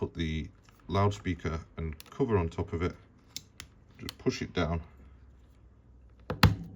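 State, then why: Seated. A plastic loudspeaker module and its cover are pressed down onto the frame of a Samsung S23 phone during a screen replacement while someone talks. A few light taps are heard in the middle, then a sharp click at 6.4 s as the assembly clicks into place, which means it is secure.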